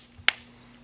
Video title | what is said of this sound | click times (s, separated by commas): Galaxy S4 Rear Camera Replacement How To Change | start writing the top and work your way around both sides make sure that it snapped in everywhere | 0.3 s